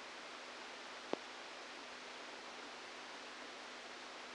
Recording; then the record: brain microelectrode recording played as sound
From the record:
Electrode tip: inside the subthalamic nucleus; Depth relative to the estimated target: -2 mm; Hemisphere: left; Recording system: NeuroSet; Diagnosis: Parkinson's disease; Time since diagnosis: 17 years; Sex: male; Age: 64 years